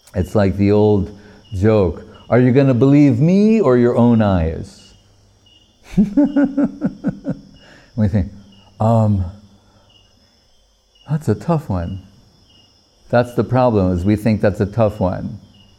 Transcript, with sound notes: It's like the old joke, are you going to believe me or your own eyes. [laughing] We think, “Um, that's a tough one.” That's the problem as we think that's a tough one.